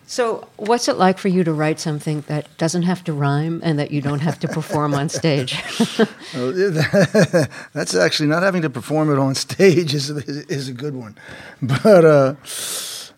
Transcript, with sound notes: So what's it like for you to write something that doesn't have to rhyme and that you don't have to perform onstage?
(Laughter) That's actually - not having to perform it on stage is a good one. But